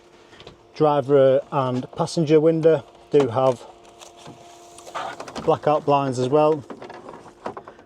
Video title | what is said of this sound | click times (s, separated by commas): 2022 Adria Twin 640 GSX Sport Instructional Video | which lock into place there. | 7.5 s